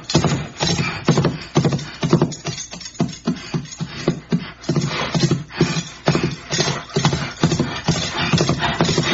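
Horse hooves clip-clop on damp, dewy ground at night in a steady, unbroken rhythm as the horse follows a trail over a hill, dozens of firm, dull strikes with a slight crisp edge, loud and clear with no voices.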